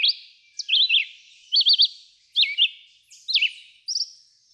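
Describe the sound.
Red-eyed vireo: a few short whistled phrases, some quickly warbled, spaced by brief silences.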